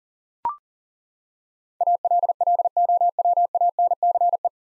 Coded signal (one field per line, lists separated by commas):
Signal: Morse code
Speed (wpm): 40 wpm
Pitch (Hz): 700 Hz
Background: none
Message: ALLOWANCE